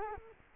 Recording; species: mosquito wingbeat signal from an infrared sensor; Culex quinquefasciatus